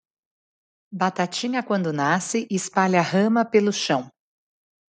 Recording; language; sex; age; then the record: short text; Brazilian Portuguese; female; 30 to 39 years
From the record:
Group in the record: control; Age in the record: 35 years